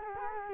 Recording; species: mosquito wingbeat signal from an infrared sensor; Culex quinquefasciatus